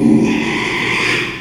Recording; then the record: squeal of a Yucatan mini pig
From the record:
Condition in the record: after surgery on the right vocal fold (resection and tissue-engineered implant); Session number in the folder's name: 1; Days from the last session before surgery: 6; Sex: male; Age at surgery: 12 weeks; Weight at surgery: 13 kg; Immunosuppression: cyclosporine, prednisolone